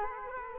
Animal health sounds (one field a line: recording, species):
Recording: mosquito wingbeat signal from an infrared sensor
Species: Culex quinquefasciatus